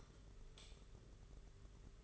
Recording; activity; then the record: daily activity, microphone in the room; light off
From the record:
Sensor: 4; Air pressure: 991.7 hPa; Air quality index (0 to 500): 99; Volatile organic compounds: 12 ppm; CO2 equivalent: 2328 ppm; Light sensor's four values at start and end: 9/25/9/11 and 7/16/6/6